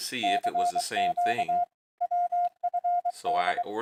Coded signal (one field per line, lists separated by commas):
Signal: Morse code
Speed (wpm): 22 wpm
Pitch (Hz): 710 Hz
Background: speech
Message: CQ WFD